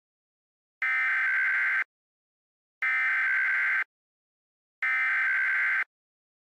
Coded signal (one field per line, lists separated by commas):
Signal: Emergency Alert System (SAME) tones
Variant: header bursts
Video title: EAS Scenario: The Huge Hawaiian Tsunami